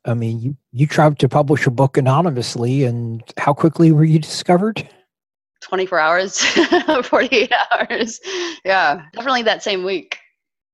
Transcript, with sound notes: I mean, you tried to publish a book anonymously, and how quickly were you discovered?
M.E. 24 hours (laugh), 48 hours…yeah. Definitely that same week.